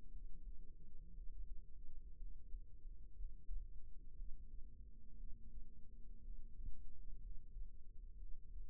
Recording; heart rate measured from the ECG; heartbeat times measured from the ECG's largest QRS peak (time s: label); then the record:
heart sounds by microphone in the right ear; 59 bpm
0.08 s: heartbeat
1.11 s: heartbeat
2.15 s: heartbeat
3.13 s: heartbeat
4.13 s: heartbeat
5.14 s: heartbeat
6.19 s: heartbeat
7.18 s: heartbeat
8.15 s: heartbeat
From the record:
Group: healthy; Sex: female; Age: 37 years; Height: 168 cm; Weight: 70 kg